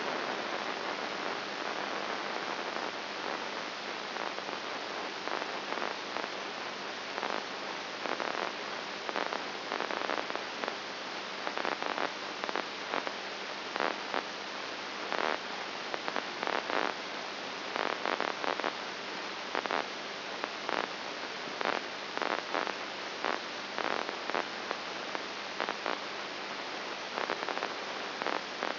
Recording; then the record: brain microelectrode recording played as sound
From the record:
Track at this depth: inside the subthalamic nucleus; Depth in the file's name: 3.701 mm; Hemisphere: right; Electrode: 2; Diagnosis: Parkinson's disease